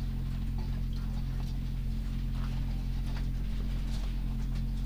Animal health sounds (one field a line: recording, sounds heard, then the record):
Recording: poultry house recording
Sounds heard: sick chickens (respiratory disease)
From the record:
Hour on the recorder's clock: 22